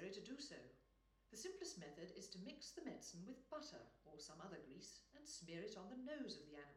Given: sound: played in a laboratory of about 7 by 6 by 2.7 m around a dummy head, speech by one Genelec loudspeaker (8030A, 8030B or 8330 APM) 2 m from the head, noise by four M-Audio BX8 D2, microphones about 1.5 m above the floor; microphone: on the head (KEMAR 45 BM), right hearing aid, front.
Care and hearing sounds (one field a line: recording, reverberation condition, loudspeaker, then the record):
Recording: female speech in English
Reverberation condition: medium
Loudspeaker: 60 degrees to the right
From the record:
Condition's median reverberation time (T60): about 510 ms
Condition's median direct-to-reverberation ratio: about -0.5 dB